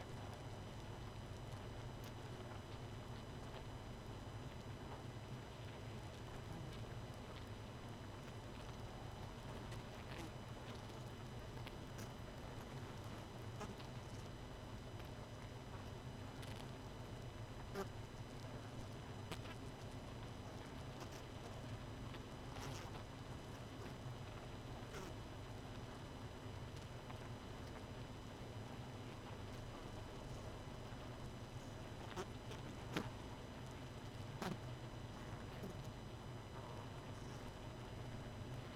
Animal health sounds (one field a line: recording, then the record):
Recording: honeybee colony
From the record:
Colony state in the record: missing queen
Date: 31 May 2018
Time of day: 22:27